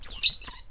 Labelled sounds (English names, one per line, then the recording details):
Stitchbird song
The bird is a male
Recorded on Tiritiri Matangi Island, New Zealand, in 2005
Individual 19, of nest box 27